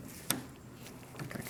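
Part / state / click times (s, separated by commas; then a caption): mounting screw into the threaded hole of a sliding door mortise lock / seated / 0.3 s. A mounting screw is turned counterclockwise in the threaded hole of the metal lock body of a replacement mortise lockset being fitted into a sliding glass door. A sharp little click at 0.3 s marks the thread dropping into place and seating, followed by a few faint ticks near the end as the screw is then tightened.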